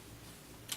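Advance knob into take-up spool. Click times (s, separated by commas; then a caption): 0.7 s. On an antique folding medium format film camera, the advance knob is pushed back in, turning clockwise, to engage the take-up film spool. A low, steady background gives way to a single short, bright click at 0.7 s as the knob clicks in and seats.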